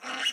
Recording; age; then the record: pig call; piglet (1 to 25 days)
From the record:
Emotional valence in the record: negative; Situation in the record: restrain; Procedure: in the arms of a person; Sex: female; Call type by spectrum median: high-frequency call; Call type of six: mixed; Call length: 0.33 s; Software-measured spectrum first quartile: 1497 Hz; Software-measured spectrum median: 2581 Hz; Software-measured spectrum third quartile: 3142 Hz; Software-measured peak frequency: 2917 Hz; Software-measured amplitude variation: 143 dB a second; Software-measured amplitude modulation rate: 22.9 a second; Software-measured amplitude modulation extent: 6.2 dB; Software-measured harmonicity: 2.7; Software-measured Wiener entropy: -1.31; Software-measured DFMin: 1151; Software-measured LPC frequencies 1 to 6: 835, 1508, 2006, 2878, 4184, 5805 Hz